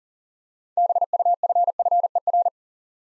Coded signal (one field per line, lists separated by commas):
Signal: Morse code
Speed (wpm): 41 wpm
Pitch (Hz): 700 Hz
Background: none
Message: BUFFER